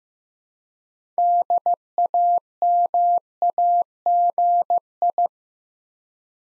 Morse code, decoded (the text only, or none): DAMAGI